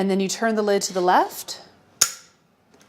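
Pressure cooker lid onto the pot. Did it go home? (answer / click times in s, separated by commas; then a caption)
yes / 2.0 s. A Fissler Vitaquick 8.5-quart stainless steel pressure cooker lid (model FISS 60070008079) is turned to the left onto the pan while someone talks. A sharp click sounds at 2.0 s as the lid locks onto the pan, and the indicator changes from red to green to show it is locked in place, followed by a few faint ticks.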